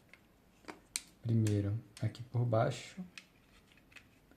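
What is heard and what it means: A plastic accessory is fitted onto a handheld game controller half, bottom first and then the top, and it snaps into place. Small plastic taps come at 0.1 and 0.7 seconds, then a sharp click at 1.0 seconds as it seats, followed by someone talking and a few faint taps near the end.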